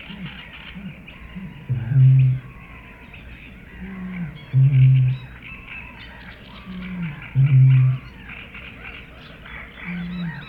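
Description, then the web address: Eurasian bittern booming: deep, hollow low booms, each preceded by a softer note, three times, with faint birdsong behind. "grande butor"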